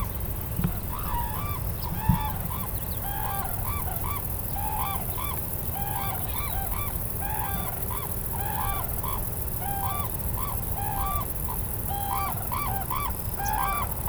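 Bird giving loud, nasal honking calls in short repeated groups, steady throughout over a constant background hiss.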